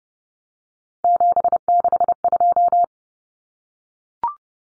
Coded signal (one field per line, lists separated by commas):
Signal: Morse code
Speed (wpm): 30 wpm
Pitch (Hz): 700 Hz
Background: none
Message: 762